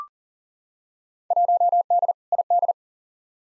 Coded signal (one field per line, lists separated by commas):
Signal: Morse code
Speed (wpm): 37 wpm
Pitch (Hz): 700 Hz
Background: none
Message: 1D ID